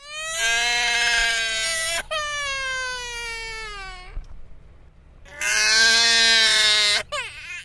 Baby Crying.